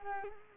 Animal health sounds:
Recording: mosquito wingbeat signal from an infrared sensor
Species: Culex quinquefasciatus

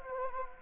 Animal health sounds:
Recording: mosquito wingbeat signal from an infrared sensor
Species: Anopheles gambiae

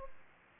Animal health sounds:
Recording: mosquito wingbeat signal from an infrared sensor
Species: Aedes aegypti

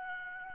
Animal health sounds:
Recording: mosquito wingbeat signal from an infrared sensor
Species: Aedes albopictus

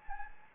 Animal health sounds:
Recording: mosquito wingbeat signal from an infrared sensor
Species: Anopheles gambiae

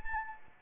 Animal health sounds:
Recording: mosquito wingbeat signal from an infrared sensor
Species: Anopheles arabiensis

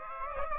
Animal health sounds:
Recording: mosquito wingbeat signal from an infrared sensor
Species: Aedes aegypti

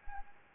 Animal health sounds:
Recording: mosquito wingbeat signal from an infrared sensor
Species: Anopheles arabiensis

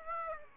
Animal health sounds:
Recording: mosquito wingbeat signal from an infrared sensor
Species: Aedes aegypti

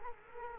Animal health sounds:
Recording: mosquito wingbeat signal from an infrared sensor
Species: Culex quinquefasciatus

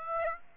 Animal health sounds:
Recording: mosquito wingbeat signal from an infrared sensor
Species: Aedes aegypti

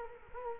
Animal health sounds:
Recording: mosquito wingbeat signal from an infrared sensor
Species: Culex quinquefasciatus

